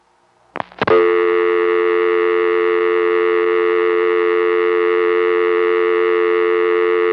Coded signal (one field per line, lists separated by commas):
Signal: telephone call progress tone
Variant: North America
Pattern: dial tone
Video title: Maryland Phone Trips Pgm. 3: The Only Independent, August 1976 (August 1976 phone trip BEGINS here)